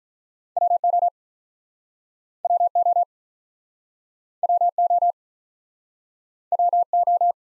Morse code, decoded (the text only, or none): W O W O W O W O